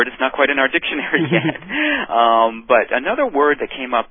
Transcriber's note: laughter